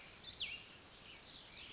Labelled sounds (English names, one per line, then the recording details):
Oak Titmouse
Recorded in Sonoma County, California